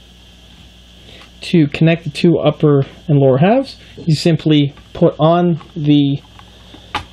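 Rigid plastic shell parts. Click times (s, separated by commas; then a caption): 6.9 s. Someone talks while the plastic upper hull half of a vintage motorized 1/35 scale Tamiya JGSDF Type 74 main battle tank model is pushed onto the lower hull half. A sharp snap is heard at 7.0 s as the halves click into place, joining the model into one piece.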